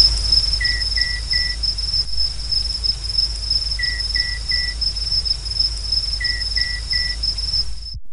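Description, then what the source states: Night parrot giving clear whistled notes in groups of three, a group every few seconds, over a constant high insect drone. Endangered, rarely heard wild bird recorded in Australia's Gibson Desert over a full month of recording by Indigenous rangers.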